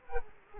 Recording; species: mosquito wingbeat signal from an infrared sensor; Culex quinquefasciatus